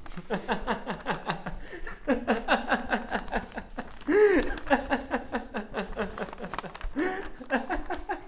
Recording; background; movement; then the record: laughter; quiet; walking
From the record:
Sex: male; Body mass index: 21.0 kg/m2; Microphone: on the chest, facing outward